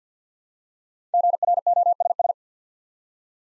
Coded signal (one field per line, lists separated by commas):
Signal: Morse code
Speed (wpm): 47 wpm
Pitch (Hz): 700 Hz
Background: none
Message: GROSS